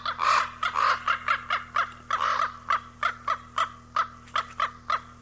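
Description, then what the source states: Common raven uttering loud harsh croaks, first drawn out and grating, then a quick even series of shorter clipped notes, low hum in the background. Recorded 18 April 1994.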